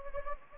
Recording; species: mosquito wingbeat signal from an infrared sensor; Anopheles gambiae